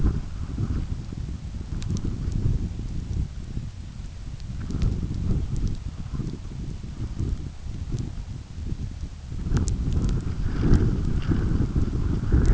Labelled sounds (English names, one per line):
none